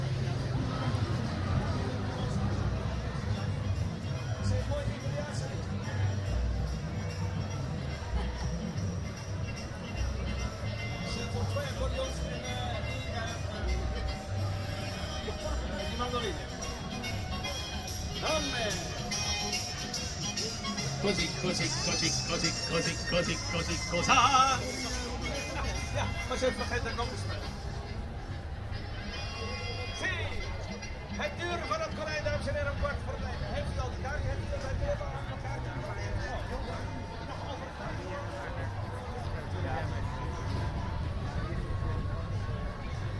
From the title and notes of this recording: Recorded july 7th 2011 at the theatre festival the Parade in the Westbroekpark. Westbroekpark Den Haag.